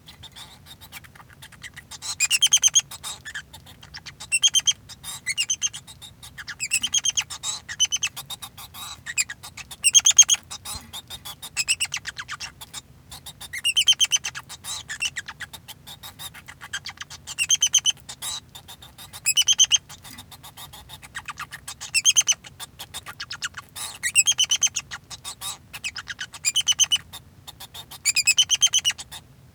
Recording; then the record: song of a male Bengalese finch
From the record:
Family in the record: son of father 2